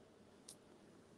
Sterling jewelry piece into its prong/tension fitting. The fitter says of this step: can we hear the click please oh there it goes little snap anywho